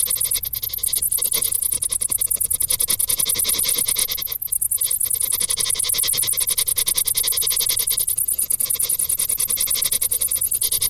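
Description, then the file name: Crickets chirping in a dense, continuous high-pitched trill of rapid pulses, with a few brief dips. "Grillen"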